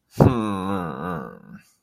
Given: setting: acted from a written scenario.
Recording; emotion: vocal sound without words; shame